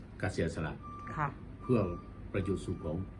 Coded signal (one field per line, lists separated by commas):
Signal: none